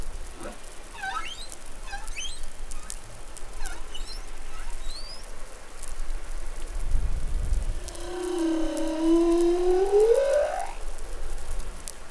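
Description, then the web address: Humpback whale song: a run of quick short chirps, a low rumble, then a long rising harmonic moan lasting about three seconds, with background snapping crackle. Recorded off New Caledonia in the Pacific on 20 July 2013. "SOUNDLIB Glotin etal MEDsea Arctiqueet Pacific Baleinea Bosse Nouvelle Caledonie 20130720 Glotin"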